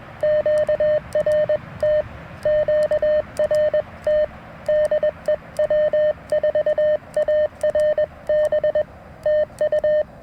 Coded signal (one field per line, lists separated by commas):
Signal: Morse code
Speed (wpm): 21 wpm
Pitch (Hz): 610 Hz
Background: radio noise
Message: QRT QRT DEW4ARB TU